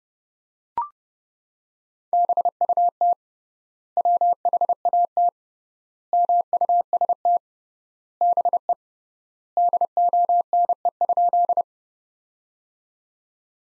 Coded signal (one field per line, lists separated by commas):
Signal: Morse code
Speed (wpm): 32 wpm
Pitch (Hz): 700 Hz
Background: none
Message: BUT WHAT MUST BE DONE?